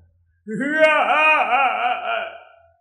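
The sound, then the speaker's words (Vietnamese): A loud, sustained wailing cry lasting about two seconds, its pitch wavering up and down in rippling waves before trailing off, heard late at night and carrying far. “Tiếng khóc lớn như sấm, như sóng biển vỗ bờ đá, đình tại nhất ốc.”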